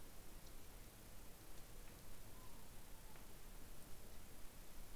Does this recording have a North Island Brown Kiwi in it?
no